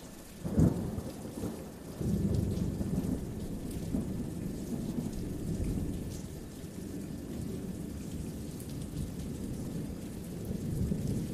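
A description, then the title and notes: Rolling thunder rumbles low and deep under steady rain. A sharp crack lands in the first second, then from about two seconds a heavy, continuous roll rises and carries through to the end. A fine rain hiss sits quietly on top throughout. THUNDER & RAIN. Rain, thunder, lightning, rolling thunder. Rainfall, raindrops, storm, rainstorm.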